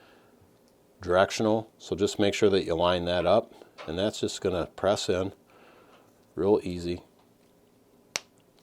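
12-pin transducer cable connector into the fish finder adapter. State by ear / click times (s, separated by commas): seated / 8.2 s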